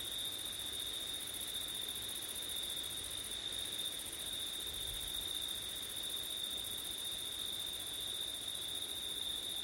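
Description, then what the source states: Continuous high-pitched cricket trill, even and unbroken, with a soft higher shimmer above and a brief low rumble midway. Crickets recorded on a September night with wind.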